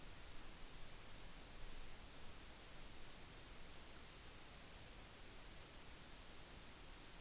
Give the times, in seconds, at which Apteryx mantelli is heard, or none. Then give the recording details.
none. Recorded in New Zealand on 8 June 2013. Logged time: 02:19